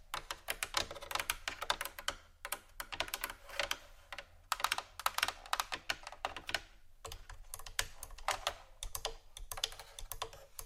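Scratching sounds, rapid and crisp, come as dense tapping, clicking strokes much like fast typing. They run in bursts with short pauses near two, four and seven seconds. A faint low hum sits steadily underneath.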